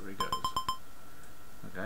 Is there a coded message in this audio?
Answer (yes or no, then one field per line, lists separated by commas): no